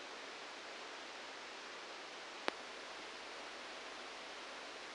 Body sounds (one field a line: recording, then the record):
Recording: brain microelectrode recording played as sound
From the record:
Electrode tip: outside the subthalamic nucleus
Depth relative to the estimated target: -2 mm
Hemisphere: right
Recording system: NeuroSet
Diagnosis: Parkinson's disease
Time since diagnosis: 9 years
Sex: male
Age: 56 years